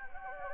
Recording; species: mosquito wingbeat signal from an infrared sensor; Anopheles gambiae